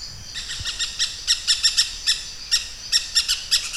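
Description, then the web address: Pyrrhura parakeet: harsh screeching high notes given in quick, uneven clusters. "parrots pyrrhura"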